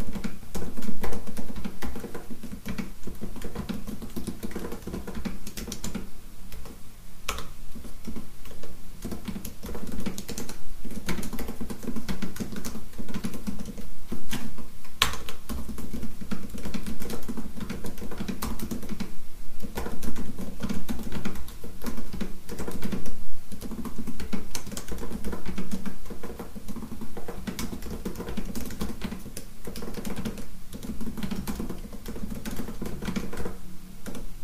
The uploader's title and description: Fast Keyboard Typing. Typing/tapping on two types of keyboards